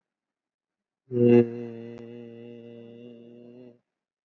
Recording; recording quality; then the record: sustained vowel as in made; excellent, no background noise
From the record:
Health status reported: COVID-19 positive, moderate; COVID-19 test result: positive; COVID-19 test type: RT-PCR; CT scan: taken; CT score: 13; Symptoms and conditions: cough, cold, breathing difficulty, fever, fatigue, muscle pain, another respiratory illness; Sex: male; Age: 51 years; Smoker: no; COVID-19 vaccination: one dose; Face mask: worn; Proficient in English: yes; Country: India